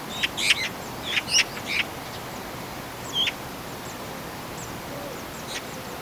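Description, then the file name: Eurasian magpie giving harsh, rasping chatter in short bursts during the first two seconds, then a single rasp, over steady background hiss with a few faint thin notes. "Pica pica"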